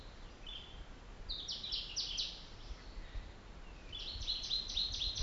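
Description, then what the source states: Bird song: two bursts of rapid high slurred notes, a pause of nearly two seconds between them, with a constant low rumble of ambient noise. Mweka trail, Kilimanjaro, Africa, 2005.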